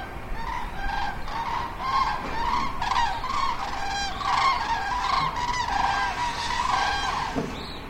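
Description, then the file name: Common crane flock, a dense chorus of overlapping bugling honks that keeps going throughout, over a constant low rumbling background. Migrating flock. "Kranichzug"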